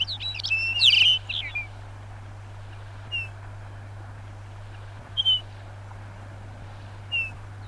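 Lapland bunting song: one quick tinkling phrase at the start, then three separate short chirps spaced about two seconds apart, over a steady low hum.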